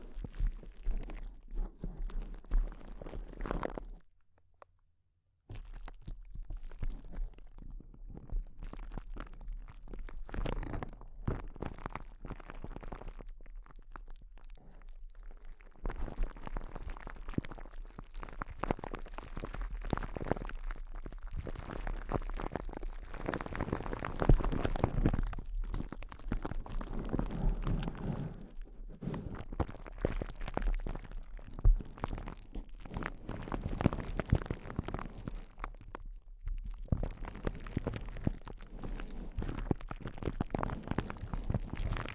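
Intense close-up crinkling, a dense, crackly rustle that runs almost without pause. It drops out completely for about a second near the five-second mark, then grows fuller and louder from around sixteen seconds on, with brief lulls near 24 and 36 seconds.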